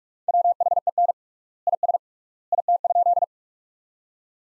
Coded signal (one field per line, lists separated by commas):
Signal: Morse code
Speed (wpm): 47 wpm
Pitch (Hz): 700 Hz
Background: none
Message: WHEN IS IT?